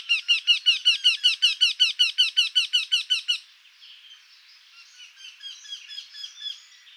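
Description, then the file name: Eurasian wryneck calling a rapid series of many evenly spaced, squeaky notes, followed by quieter sounds. Recorded at Marcilly on 7 June 2013 at 06:00. "Torcol 20130607 0600 Marcilly"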